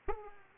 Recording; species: mosquito wingbeat signal from an infrared sensor; Aedes aegypti